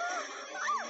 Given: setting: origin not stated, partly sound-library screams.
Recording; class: one-second piece from a danger detection set; woman in danger